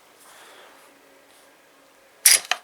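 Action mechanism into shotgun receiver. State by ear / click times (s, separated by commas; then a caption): seated / 2.5 s. While reassembling a Phenemo smoothbore shotgun after cleaning, the action mechanism is pushed back into the receiver. After about two seconds of faint low rustling, a loud sharp metallic hit rings out at 2.3 s and a second short metallic click follows at 2.5 s. The mechanism is fully seated.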